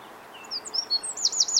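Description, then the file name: Eurasian wren giving thin, high whistled notes that quickly give way to a fast, sharp trill of repeated downslurred notes over faint background hiss. "Troglodytes troglodytes"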